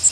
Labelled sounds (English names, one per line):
Magnolia Warbler flight call